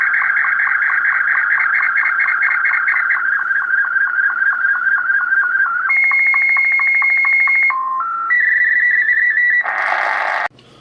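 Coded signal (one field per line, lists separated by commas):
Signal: SSTV (slow-scan television)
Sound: warbling tone with steady rhythmic ticks, then a long whistle, short tones, and raspy hiss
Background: room echo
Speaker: what we're going to do now is begin a transmit an SS TV picture from the JC across the bench here and we'll see if we can receive your on the iPad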